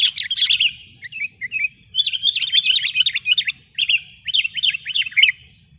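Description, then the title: Sooty-headed bulbul song: lively twittering phrases of quick, down-slurred whistled notes, broken by brief pauses, over a soft low rumble. "kutilang"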